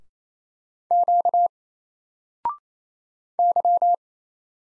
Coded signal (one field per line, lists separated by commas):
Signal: Morse code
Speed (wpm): 27 wpm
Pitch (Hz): 700 Hz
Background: none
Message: Q Y